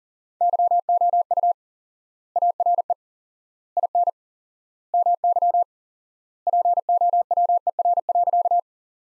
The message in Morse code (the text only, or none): YOU ARE IN MY POWER.